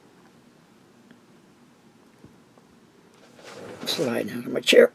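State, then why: Not seated. A plastic ink cartridge is handled and lined up with a fountain pen section before being pushed home. It stays quiet with faint handling noise and a small tick near 1.1 s, then someone talks from about 3.4 s to the end. Nothing has seated or clicked yet.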